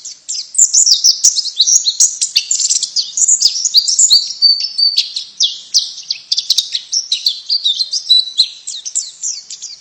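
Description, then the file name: White-eye twittering continuously, a dense tumble of high, thin chirps and short whistles with little pause throughout. Female bird; Indonesian name pleci. "suara pleci betina"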